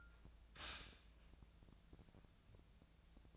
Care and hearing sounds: daily activity, microphone in the room; stop toaster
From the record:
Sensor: 2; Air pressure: 1000.1 hPa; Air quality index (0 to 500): 145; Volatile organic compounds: 2 ppm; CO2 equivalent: 1228 ppm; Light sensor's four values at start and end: 27/66/28/31 and 27/66/28/31

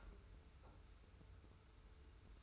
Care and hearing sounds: daily activity, microphone in the room; take from stove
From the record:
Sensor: 2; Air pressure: 990.8 hPa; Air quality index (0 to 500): 109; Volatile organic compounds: 47 ppm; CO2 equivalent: 3253 ppm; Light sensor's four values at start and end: 35/103/40/39 and 35/103/40/39

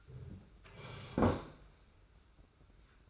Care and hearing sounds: daily activity, microphone in the room; sit down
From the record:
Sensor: 2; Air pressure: 991.5 hPa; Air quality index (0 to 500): 179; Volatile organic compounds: 1000 ppm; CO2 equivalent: 5827 ppm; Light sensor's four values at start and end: 25/80/31/30 and 28/87/34/32

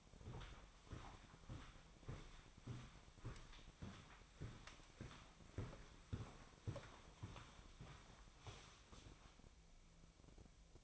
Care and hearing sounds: daily activity, microphone in the room; walk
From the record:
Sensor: 1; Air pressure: 1009.3 hPa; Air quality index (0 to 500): 185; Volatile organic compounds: 4 ppm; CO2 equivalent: 1567 ppm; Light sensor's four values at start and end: 54/144/60/73 and 55/147/61/74

